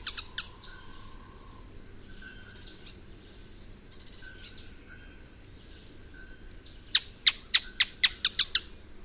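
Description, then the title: Canebrake groundcreeper with a brisk series of sharp, emphatic downslurred notes near the end, after quieter chirps, over a steady high insect-like drone. "LuckyPassaro Completos2Sama. Canebrake Groundcreeper (Clibanornis dendrocolaptoides)"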